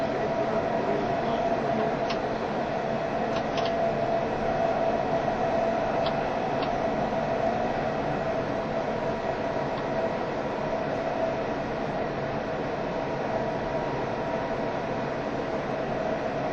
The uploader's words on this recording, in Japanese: E351系 Sあずさ18号03 八王子～新宿。全車引退したJR東日本唯一の振り子式車両であったE351系、速達運用だったSあずさを収録したものです。